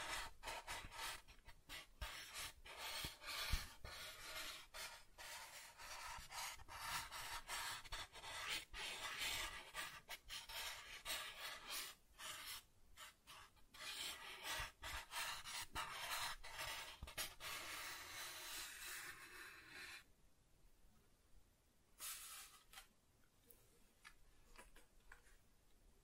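Soft tracing across a surface makes a dense, continuous scratchy rustle, bright and airy, broken by quick strokes and small taps. The texture shifts from smoother to grainier passages, and around twenty seconds it drops almost to silence, with a short burst of rubbing near twenty-two seconds.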